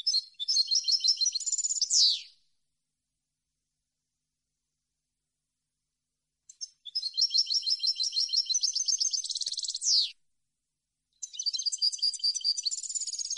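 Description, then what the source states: European goldfinch singing long fast twittering phrases of rapid repeated tinkling notes, three phrases with silent gaps between, the first two closing with a buzzy slurred flourish. Clean goldfinch song on CD, for birds to copy as song training.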